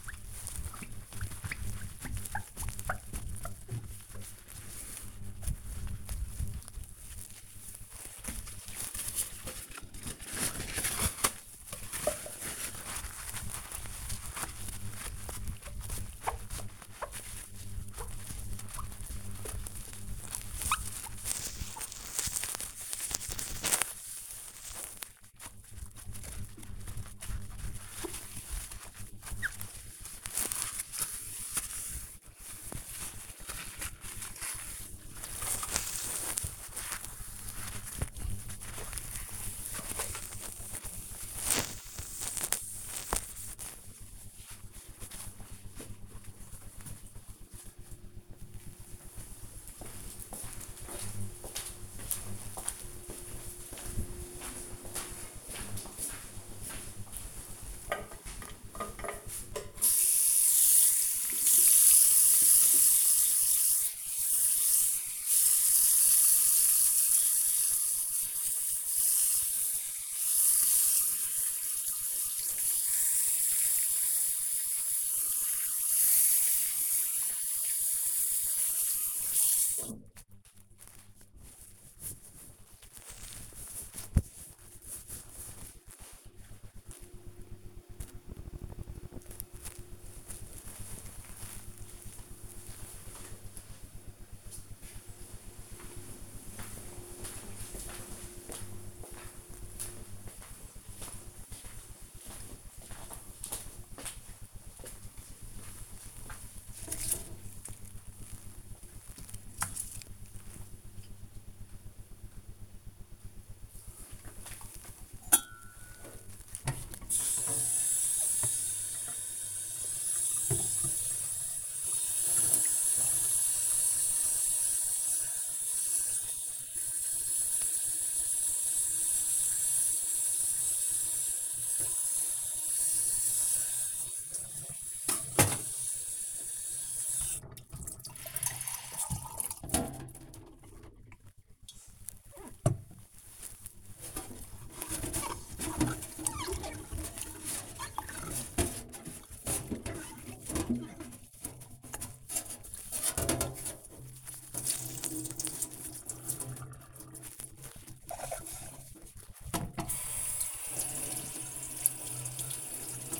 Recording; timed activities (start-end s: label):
household activities, microphone on the right wrist
0.00-43.96 s: window cleaning
59.06-80.20 s: washing hands
113.49-163.20 s: washing dishes